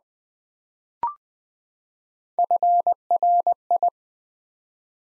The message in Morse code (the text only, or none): FRI